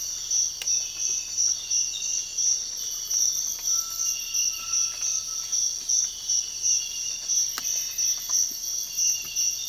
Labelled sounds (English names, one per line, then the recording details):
Cinereous Tinamou
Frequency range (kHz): Cinereous Tinamou 0.8-1.7 kHz
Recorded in dense forest near Puerto Asís, Putumayo, Colombia, on 13 March 2025 at 06:00
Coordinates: 0.481, -76.323
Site G088